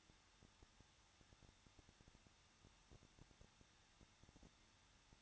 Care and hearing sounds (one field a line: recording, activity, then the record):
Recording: daily activity, microphone in the room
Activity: no activity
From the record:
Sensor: 3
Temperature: 21.2 degrees Celsius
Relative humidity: 36.3%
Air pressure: 1006.3 hPa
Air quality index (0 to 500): 221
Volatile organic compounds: 40 ppm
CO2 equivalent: 3150 ppm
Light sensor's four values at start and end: 2/3/2/2 and 2/3/2/2